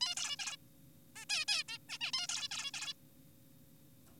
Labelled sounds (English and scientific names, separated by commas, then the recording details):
Zebra Finch (Taeniopygia guttata)
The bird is an adult
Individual g4p5U